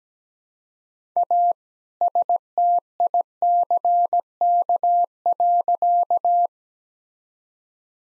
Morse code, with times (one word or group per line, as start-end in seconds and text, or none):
1.2-1.5 A
2.0-6.5 STICK.